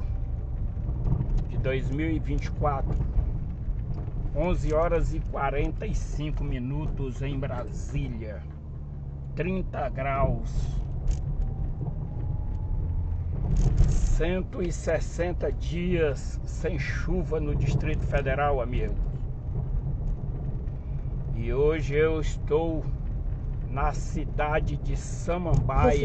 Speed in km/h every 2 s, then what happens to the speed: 36, 34, 27, 19, 25, 31, 33, 35, 38, 39, 39, 37, 38.
0-6 slows to 19. 6-16 speeds up to 38. 16-26 steady at about 38.